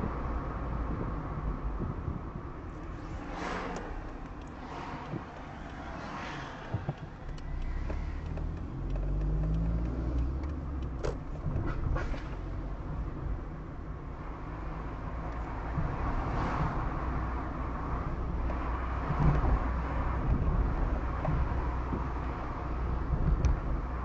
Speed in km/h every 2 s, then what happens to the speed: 40, 23, 16, 11, 22, 29, 30, 34, 38, 39, 39, 38.
0-5 brakes to 11. 5-16 speeds up to 38. 16-24 steady at about 38.